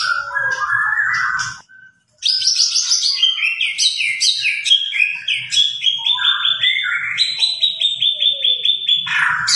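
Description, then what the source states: White-rumped shama song, a loud varied run of rich whistles, rapid trills and repeated notes sweeping between low and high pitches, broken by a short pause. White-rumped shama singing prolifically (gacor), used as a lure to make other birds respond.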